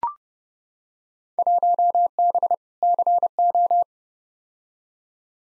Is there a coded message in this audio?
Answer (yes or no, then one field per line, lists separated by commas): yes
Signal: Morse code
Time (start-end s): 1.4-3.8 s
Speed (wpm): 29 wpm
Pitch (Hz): 700 Hz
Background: none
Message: 1B CO